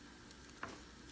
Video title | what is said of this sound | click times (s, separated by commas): Free sewing pattern for 0-3 month baby sleeper with step-by-step tutorial! | neatly snaps in place. | 0.3 s, 0.6 s